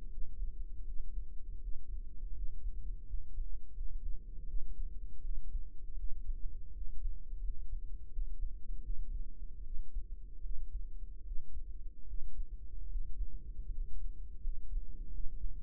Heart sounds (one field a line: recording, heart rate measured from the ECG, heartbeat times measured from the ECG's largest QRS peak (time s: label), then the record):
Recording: heart sounds by microphone in the right ear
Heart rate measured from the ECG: 80 bpm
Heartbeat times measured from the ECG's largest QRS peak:
0.08 s: heartbeat
0.83 s: heartbeat
1.58 s: heartbeat
2.32 s: heartbeat
3.04 s: heartbeat
3.72 s: heartbeat
4.44 s: heartbeat
5.20 s: heartbeat
5.94 s: heartbeat
6.71 s: heartbeat
7.39 s: heartbeat
8.08 s: heartbeat
8.80 s: heartbeat
9.61 s: heartbeat
10.40 s: heartbeat
11.22 s: heartbeat
12.04 s: heartbeat
12.87 s: heartbeat
13.67 s: heartbeat
14.39 s: heartbeat
15.09 s: heartbeat
From the record:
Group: healthy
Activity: rest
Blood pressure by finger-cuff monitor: 93/54 mmHg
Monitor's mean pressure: 67 mmHg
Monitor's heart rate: 81 bpm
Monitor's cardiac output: 6.9 L/min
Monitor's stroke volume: 84 mL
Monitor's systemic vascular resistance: 700 dyn s/cm5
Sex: female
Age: 26 years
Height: 165 cm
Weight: 55 kg